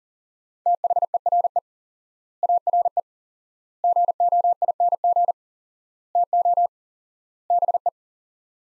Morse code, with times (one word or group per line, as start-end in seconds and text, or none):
0.7-1.6 THERE
2.4-3.0 ARE
3.8-5.3 GOING
6.2-6.7 TO
7.5-7.9 BE